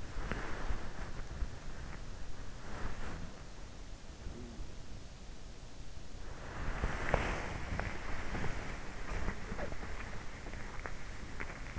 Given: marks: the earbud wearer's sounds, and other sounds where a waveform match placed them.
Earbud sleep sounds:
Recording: sounds in sleep by an in-ear microphone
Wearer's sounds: body movement, teeth grinding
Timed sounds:
0.00-3.62 s: body movement
3.80-8.87 s: body movement
9.16-11.79 s: teeth grinding

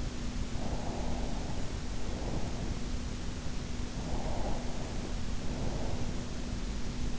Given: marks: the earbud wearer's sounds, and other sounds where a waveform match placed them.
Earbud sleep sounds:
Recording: sounds in sleep by an in-ear microphone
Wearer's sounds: breath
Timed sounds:
0.60-2.70 s: breath
4.01-6.01 s: breath

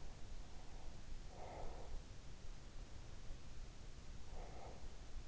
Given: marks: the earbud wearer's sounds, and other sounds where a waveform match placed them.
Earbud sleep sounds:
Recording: sounds in sleep by an in-ear microphone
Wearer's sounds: breath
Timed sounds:
1.11-2.46 s: breath
3.98-5.08 s: breath

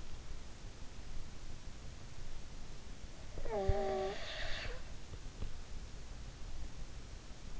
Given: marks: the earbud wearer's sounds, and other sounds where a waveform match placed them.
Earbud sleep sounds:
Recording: sounds in sleep by an in-ear microphone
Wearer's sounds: snoring breath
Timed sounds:
3.35-5.10 s: snoring breath

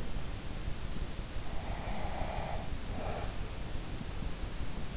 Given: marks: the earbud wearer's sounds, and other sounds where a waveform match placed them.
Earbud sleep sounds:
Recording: sounds in sleep by an in-ear microphone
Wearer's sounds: breath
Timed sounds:
1.74-3.27 s: breath

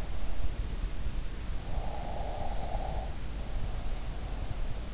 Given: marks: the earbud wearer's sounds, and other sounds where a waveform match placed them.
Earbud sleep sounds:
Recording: sounds in sleep by an in-ear microphone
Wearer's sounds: breath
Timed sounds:
1.59-4.30 s: breath

